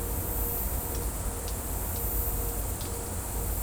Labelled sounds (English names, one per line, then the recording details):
none
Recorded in dense forest near Puerto Asís, Putumayo, Colombia, on 26 December 2024 at 14:30
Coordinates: 0.503, -76.323
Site G043